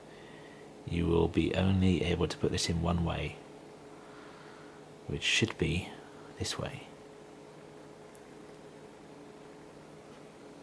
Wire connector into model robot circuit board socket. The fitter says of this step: there was no clicking sound they said push it in until it clicks